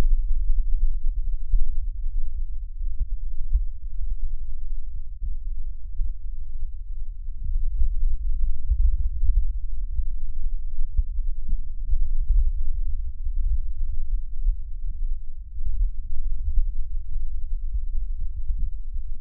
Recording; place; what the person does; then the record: lung sounds by stethoscope; right posterior basal chest; quiet breathing, then deep breathing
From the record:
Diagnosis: asthma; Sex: female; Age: 72 years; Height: 160 cm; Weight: 63.4 kg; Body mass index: 24.8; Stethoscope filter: bell mode